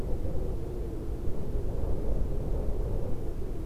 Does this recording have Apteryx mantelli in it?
no